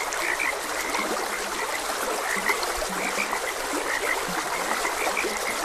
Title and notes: Gentle Stream and Frogs Croaking. Sleep and Relaxation Podcast